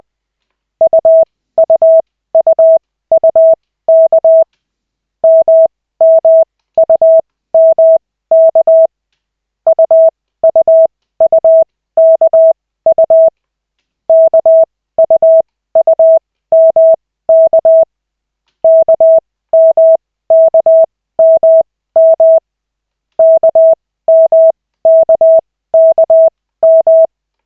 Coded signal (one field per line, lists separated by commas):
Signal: Morse code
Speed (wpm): 20 wpm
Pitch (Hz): 650 Hz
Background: none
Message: UUUUK MMUMK UUUKU KUUMK KMKMM KMKKM